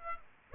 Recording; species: mosquito wingbeat signal from an infrared sensor; Aedes aegypti